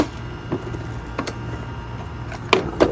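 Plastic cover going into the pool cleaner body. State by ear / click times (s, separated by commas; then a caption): partly seated / 2.5 s. A plastic cover or filter panel is pressed back into the body of an Aiper Cordless Pool Cleaner, and one side snaps in with a sharp click at 2.5 s, followed by a softer knock at 2.8 s. Only that side seats; the other side is not fully in yet.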